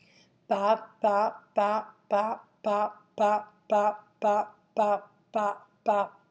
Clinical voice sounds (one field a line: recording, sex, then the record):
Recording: repeated syllable /pa/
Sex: female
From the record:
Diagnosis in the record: healthy control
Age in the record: 69 years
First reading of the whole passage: 57 s, 9.1 characters per second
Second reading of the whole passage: 50 s, 10.4 characters per second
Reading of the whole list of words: 47 s, 6.0 characters per second